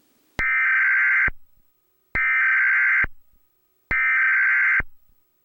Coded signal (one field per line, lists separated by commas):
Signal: Emergency Alert System (SAME) tones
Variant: header bursts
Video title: [CRINGEPOST] the most perfect emergency alert system timing